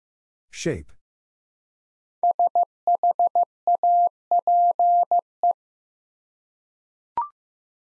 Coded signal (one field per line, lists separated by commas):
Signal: Morse code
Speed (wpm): 15 wpm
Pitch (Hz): 700 Hz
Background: none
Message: SHAPE